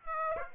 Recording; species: mosquito wingbeat signal from an infrared sensor; Aedes aegypti